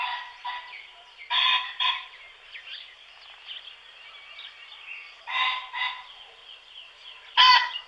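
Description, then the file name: Common pheasant giving loud, raspy double crows a few times over a steady noisy background. "Bazant obecny Phasianus colchicus"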